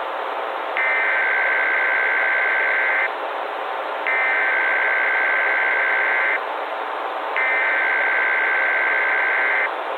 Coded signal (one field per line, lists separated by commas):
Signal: Emergency Alert System (SAME) tones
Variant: header bursts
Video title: EAS Scenario / Analog & Digital Horror - Tartarus Catastrophe